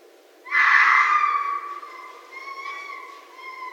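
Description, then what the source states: Red fox letting out a strident scream that settles into a thinner, drawn-out whining tone. Recorded in 2012.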